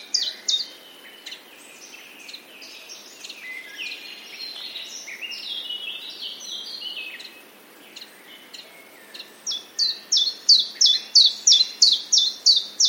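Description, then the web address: Common chiffchaff song of sharp, regularly repeated high notes in the final seconds, after a long stretch of busy chirping from other small birds. Recorded 30 May 2021, with sparrows. "wroblowe kontra pierwiosnek 30 05 2021"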